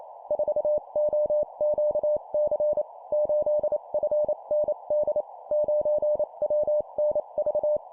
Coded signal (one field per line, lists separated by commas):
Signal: Morse code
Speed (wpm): 28 wpm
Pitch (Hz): 600 Hz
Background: none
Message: 4OQC 8FND 9WNV